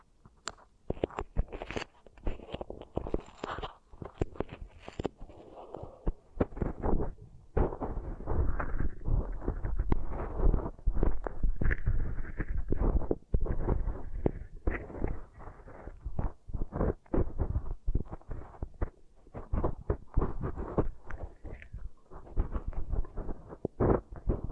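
Beeswax ear triggers: sticky squishing and pressing with a steady stream of sharp crackles and pops, nearly continuous for the whole 25 seconds. The sounds are thick and low with bright snapping edges, interrupted by short pauses, especially around the five and thirteen second marks.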